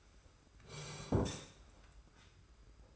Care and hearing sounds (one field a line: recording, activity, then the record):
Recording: daily activity, microphone in the room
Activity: sit down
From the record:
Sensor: 2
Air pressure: 991.5 hPa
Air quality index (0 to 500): 172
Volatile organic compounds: 1000 ppm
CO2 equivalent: 5568 ppm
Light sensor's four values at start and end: 26/81/32/30 and 28/88/34/32